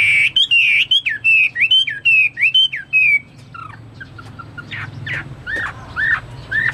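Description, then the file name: Chinese hwamei song of looping whistled notes repeated several times a second, followed by softer scattered notes. "omkicau hwamei"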